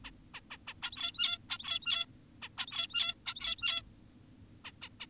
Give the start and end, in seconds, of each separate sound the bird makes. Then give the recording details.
0.05-0.11, 0.34-0.40, 0.51-0.57, 0.68-0.74, 0.83-1.38, 1.50-2.06, 2.42-2.49, 2.58-3.14, 3.26-3.82, 4.65-4.72, 4.82-4.89, 5.00-5.06. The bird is an adult. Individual g17y2U